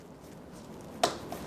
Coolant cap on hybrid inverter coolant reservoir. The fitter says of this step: gonna turn it around until you feel that one click. Right